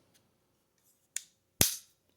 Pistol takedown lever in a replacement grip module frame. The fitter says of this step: and it'll snap into place, and then rotate it back